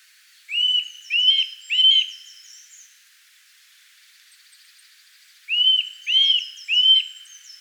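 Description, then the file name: Eurasian nuthatch giving clear rising-falling whistled calls in two bursts of three, about five seconds apart. "Sitta europaea"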